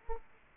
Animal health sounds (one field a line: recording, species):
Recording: mosquito wingbeat signal from an infrared sensor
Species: Aedes aegypti